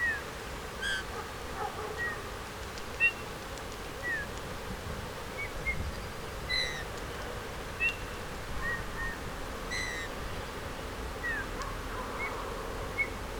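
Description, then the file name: Eurasian bullfinch uttering short, soft whistled notes repeated every second or so, some slightly downslurred, over a constant low rushing noise. "Pyrrhula pyrrhula"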